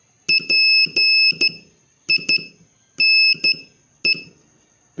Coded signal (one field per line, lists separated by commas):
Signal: Morse code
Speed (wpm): 13 wpm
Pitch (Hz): 2600 Hz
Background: none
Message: PINE